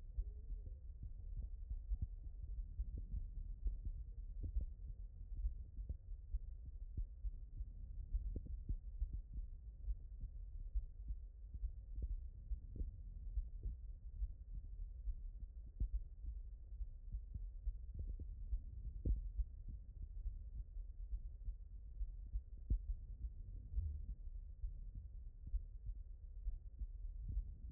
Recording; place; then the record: heart sounds by stethoscope; aortic valve (AV)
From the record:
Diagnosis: non-HFrEF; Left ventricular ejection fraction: 61%